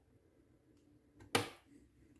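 A RAM stick is pressed down into a motherboard DIMM slot until the plastic retention latch on one side closes. A faint tick at 1.2 s comes just before a sharp, loud click at 1.4 s, which then fades over about a quarter second. That side of the memory module has seated.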